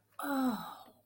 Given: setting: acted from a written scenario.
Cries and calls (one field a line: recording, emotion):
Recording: vocal sound without words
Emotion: realization